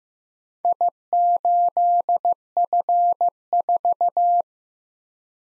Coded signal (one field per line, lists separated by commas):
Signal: Morse code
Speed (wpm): 15 wpm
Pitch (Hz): 700 Hz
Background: none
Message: I8F4